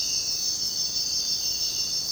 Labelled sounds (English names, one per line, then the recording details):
none
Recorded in dense forest near Puerto Asís, Putumayo, Colombia, on 24 June 2025 at 05:30
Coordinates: 0.499, -76.324
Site G100